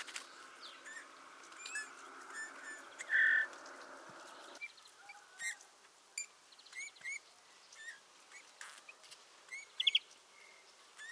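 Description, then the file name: Eurasian bullfinch giving a short, soft piping whistle, amid background hiss that drops away and frequent high chirps from other birds. "Pyrrhula pyrrhula"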